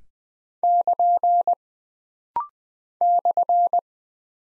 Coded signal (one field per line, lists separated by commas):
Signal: Morse code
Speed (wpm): 20 wpm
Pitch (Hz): 700 Hz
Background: none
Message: <KN> /